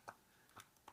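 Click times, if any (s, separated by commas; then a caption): 0.1 s. A Blink Outdoor 4 security camera is pushed onto its plastic mount bracket and snaps into place with a sharp click at 0.1 s. Two quieter clicks follow at about 0.6 and 0.9 s. The camera is seated on the mount.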